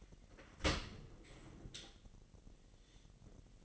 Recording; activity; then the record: daily activity, microphone in the room; open dishwasher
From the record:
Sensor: 4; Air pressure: 1001.3 hPa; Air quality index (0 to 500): 249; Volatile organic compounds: 46 ppm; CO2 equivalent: 3242 ppm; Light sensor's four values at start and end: 8/19/7/7 and 8/19/7/7